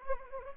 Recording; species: mosquito wingbeat signal from an infrared sensor; Anopheles arabiensis